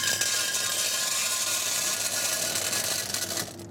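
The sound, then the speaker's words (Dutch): Dry chickpeas pour from a bulk dispenser, pushed back to release them, at the Zero Waste Supermarkt in Wageningen, in a steady, hissing rattle that runs for about three and a half seconds before cutting off abruptly. No one speaks. “Kikkererwten zie ik hier. Mm-hmm. Die ga je naar achter duwen en dan komt het er hier uit.”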